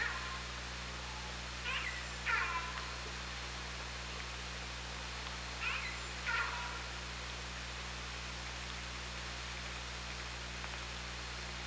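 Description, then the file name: Killer whale pulsed calls: two harsh, harmonic bursts about four seconds apart, each a quick double note, above constant low hum and background hiss. Recorded on a hydrophone at OrcaLab, 24 August 2017, at 17:08:45. "Orca Lab UTLN 20170824 170845"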